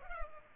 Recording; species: mosquito wingbeat signal from an infrared sensor; Culex pipiens